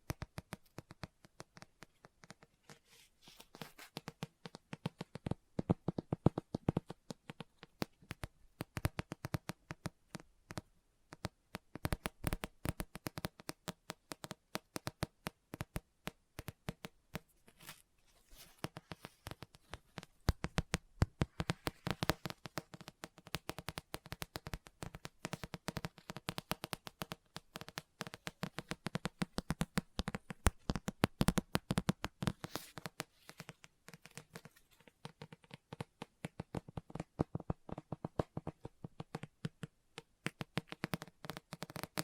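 Fingers tap and scratch on a book in quick, dense bursts of sharp clicks that run almost without pause for the whole 42 seconds. The rhythm is busy and uneven, with brief lulls near 4, 11 and 33 seconds before the tapping picks up again.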